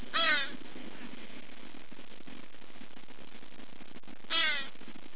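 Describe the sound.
Crow giving two harsh, rasping caws about four seconds apart, with a faint low background hum between them.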